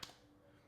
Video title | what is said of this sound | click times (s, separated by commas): The BEST VERSION SO FAR! - Pitaka MagEZ 5 Case for iPhone 15 Pro Max | nice decent click on there nothing too crazy but this case is on there super securely | 0.0 s